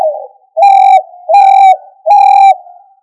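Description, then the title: Chicken giving three sustained, level notes in quick succession after a soft trailing note. Australorp breed ('manok ostrali'). "manok ostrali"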